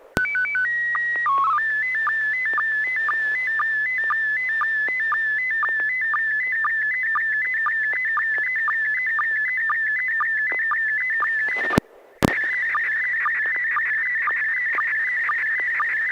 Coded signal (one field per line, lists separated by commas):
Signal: SSTV (slow-scan television)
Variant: PD 120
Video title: N6NA SSTV Net - 05/05/2021